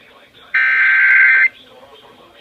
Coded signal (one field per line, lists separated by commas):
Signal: Emergency Alert System (SAME) tones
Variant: header bursts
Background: speech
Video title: EAS #139-159 | I guess we had a mini event (EAS Alerts from 7/23-7/24/21)